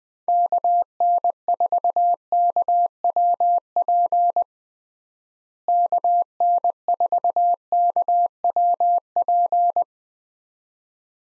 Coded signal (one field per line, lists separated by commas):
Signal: Morse code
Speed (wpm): 21 wpm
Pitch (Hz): 700 Hz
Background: none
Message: KN4KWP KN4KWP